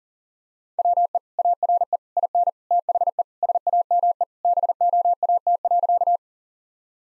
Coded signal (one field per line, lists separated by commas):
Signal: Morse code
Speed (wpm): 40 wpm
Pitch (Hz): 700 Hz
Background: none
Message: WE ARE IN THE SAME BOAT.